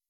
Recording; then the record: hydrophone in a shrimp aquaculture tank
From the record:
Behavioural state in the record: weakened